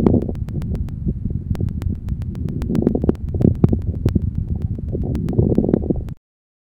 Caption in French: Au milieu de l'inspiration et respecte le début et la fin de l'inspiration. Ils traduisent l'existence de sécrétions bronchiques, d'où leur caractère variable d'un cycle à l'autre et leur association fréquente à quelques crépitants expiratoires. Écoutez encore les crépitants de mi-inspiration.